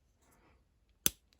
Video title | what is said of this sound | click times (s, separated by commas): Hot Wheels Redline Wheel Swap Tutorial. Enjoy. | and it snaps right in | 1.1 s